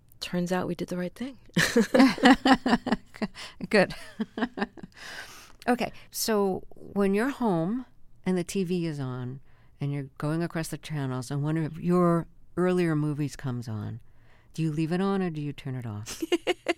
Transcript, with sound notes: turns out we did the right thing.
(LAUGHTER)
Good (laughter). OK. So when you're home and the TV is on and you're going across the channels and one of your earlier movies comes on, do you leave it on or do you turn it off?